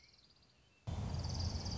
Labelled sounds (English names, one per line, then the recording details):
Orange-crowned Warbler
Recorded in Sonoma County, California